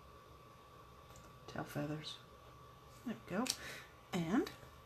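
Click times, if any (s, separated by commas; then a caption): none. A plastic cap is being handled onto the plastic barrel of an alcohol blending marker while someone talks in short bursts over a steady background hum. The cap has not clicked shut yet, and the marker is not yet closed.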